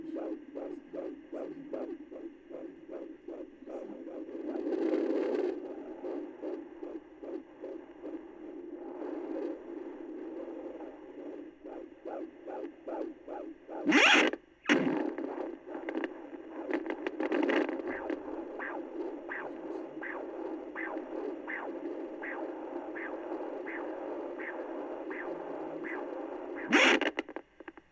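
Fast, regular whooshing pulses at roughly 150 beats a minute, heard through a Doppler monitor with steady background hiss and brief scraping bursts from probe movement. This is a fetal heartbeat at 18 weeks of pregnancy, at a rate typical for a fetus.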